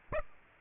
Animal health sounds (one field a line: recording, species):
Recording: mosquito wingbeat signal from an infrared sensor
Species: Aedes aegypti